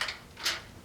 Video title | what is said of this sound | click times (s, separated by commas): Milwaukee M18 Fuel String Trimmer - Milwaukee Monday 01 05 2021 | and you'll hear it lock there and then we can just tighten this up | 0.0 s